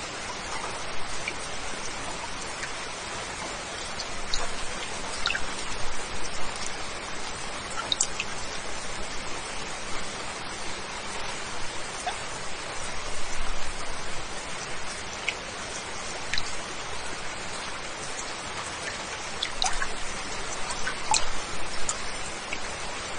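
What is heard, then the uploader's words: Steady rain falls throughout, a dense, even hiss with countless drops pattering on a surface. Brighter individual drips stand out now and then, while a faint low hum runs underneath. The intensity swells slightly around the middle and near the end. Rain.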